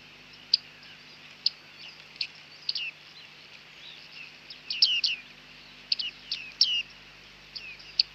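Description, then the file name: Bearded reedling calls, sharp high 'ping' notes at irregular intervals mixed with soft twittering and downslurred chirps. "Bearded Tit (Panurus biarmicus)"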